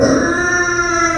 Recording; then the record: squeal of a Yucatan mini pig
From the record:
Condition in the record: after surgery on the right vocal fold (resection and tissue-engineered implant); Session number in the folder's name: 7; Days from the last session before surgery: 47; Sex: female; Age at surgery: 19 weeks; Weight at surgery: 25 kg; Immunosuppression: prednisolone